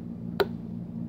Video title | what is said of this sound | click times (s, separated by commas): How to make a Lego puzzle box(small edition) | so you'll hear a clicking sound you should | 0.4 s